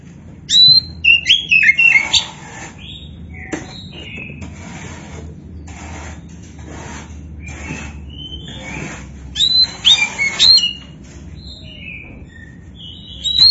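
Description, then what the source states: Oriental magpie-robin with a burst of loud sweeping whistles and chatter at the start, faint clicks and soft notes in between, then another vigorous burst. Kacer poci variety, described as gacor (singing actively).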